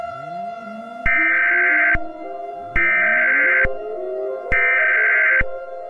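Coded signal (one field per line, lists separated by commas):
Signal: Emergency Alert System (SAME) tones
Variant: header bursts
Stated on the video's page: Fictional, remade EAS scenario with background music.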